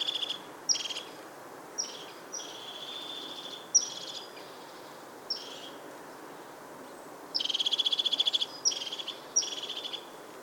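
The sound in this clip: Crested tit calls: scattered high, thin notes followed by a longer rapid rattling trill near the end, with quiet hiss between the bursts.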